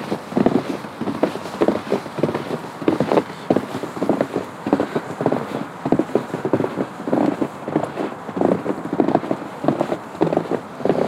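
Footsteps crunch through snow along a trail at a steady walking pace, roughly two steps each second for the whole stretch. Each step is a short, muffled crunch, and a faint, even hiss sits beneath them. No other sounds stand out.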